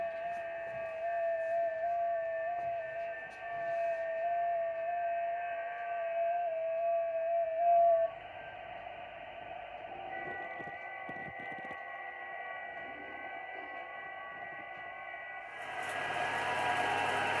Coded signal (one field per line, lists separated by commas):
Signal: FT8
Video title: Tuto FT8 depuis smartphone vers Xiegu G90 sans CAT CONTROL